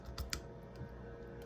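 A custom-made removable plastic veneer is pressed onto a wearer's upper teeth. A softer click at 0.2 s is followed by a sharp snap at 0.3 s, then low background noise. The veneer snaps into place and is seated.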